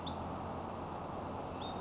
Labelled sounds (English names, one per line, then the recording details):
Western Flycatcher
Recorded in Sonoma County, California